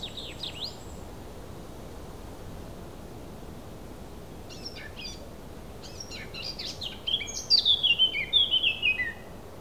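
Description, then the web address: Thrush song: a thin whistle at the start, then faint chips, and near the end a loud run of quick varied whistled notes over steady background hiss. A single thrush. "Effects 02-Birds, Insects Animals. Birds single thrush"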